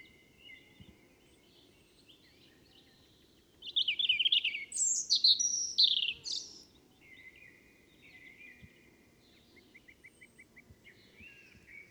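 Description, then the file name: European robin song: soft thin notes lead into a bright burst of high, fast-changing warbles, then quieter phrases and a short run of rapid ticking notes. A low steady hiss sits underneath. "Erithacus rubecula"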